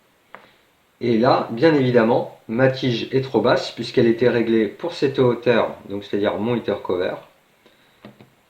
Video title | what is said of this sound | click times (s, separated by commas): Installer le kit ELEV8 EOK - Vaporiser vos concentrés avec efficacité | ça va venir se clipser dans le stand | 0.4 s